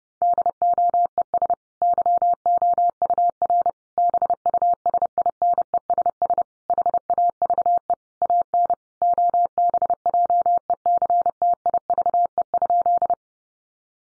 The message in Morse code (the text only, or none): DOES YOUR BUSINESS HAVE AN OBJECTIVE?